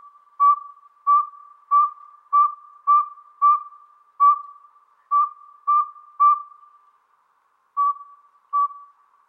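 Northern saw-whet owl giving a steady series of clear whistled toots on one pitch, roughly two per second, with a short pause before the final notes.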